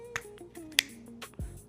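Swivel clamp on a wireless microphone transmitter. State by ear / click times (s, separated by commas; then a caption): seated / 0.2 s, 0.8 s. The swivel clamp on a DJI Mic Mini 2 wireless microphone transmitter is rotated while held close to the mic, with music playing softly in the background. Sharp clicks at 0.2 s and 0.8 s, the second much louder, mark the clamp snapping into its detent positions. A few fainter ticks and rubbing sounds come between and after them, and the clamp ends up clicked firmly in place.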